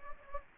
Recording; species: mosquito wingbeat signal from an infrared sensor; Anopheles gambiae